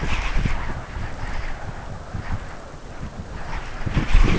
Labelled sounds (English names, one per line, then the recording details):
none
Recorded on Arctic tundra, site UTQI-5, on 12 June 2019
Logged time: 08:00